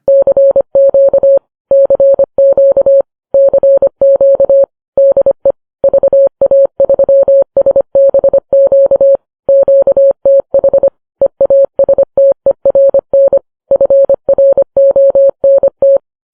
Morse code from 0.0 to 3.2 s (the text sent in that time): CQ CQ